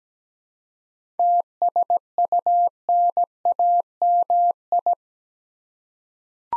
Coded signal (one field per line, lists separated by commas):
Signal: Morse code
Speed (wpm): 17 wpm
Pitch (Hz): 700 Hz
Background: none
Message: TSUNAMI